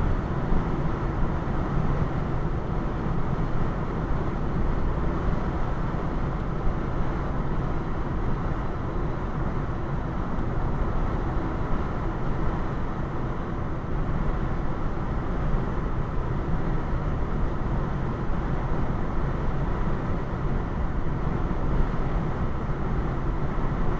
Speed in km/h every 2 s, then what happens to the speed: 95, 95, 95, 95, 95, 95, 95, 95, 95, 95, 95, 95.
0-24 steady at about 95.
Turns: none.